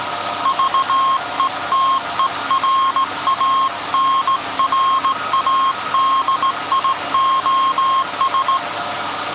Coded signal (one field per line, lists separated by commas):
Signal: Morse code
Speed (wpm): 18 wpm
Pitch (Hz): 1070 Hz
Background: none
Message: VETERAN RADIOS